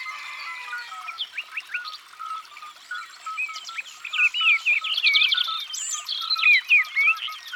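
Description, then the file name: European robin song in tumbling, squeaky warbles that grow stronger in the second half, with a regular lower repeated call behind. "Rougegorge familier"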